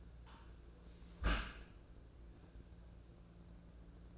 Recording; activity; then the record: daily activity, microphone in the room; close dishwasher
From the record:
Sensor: 2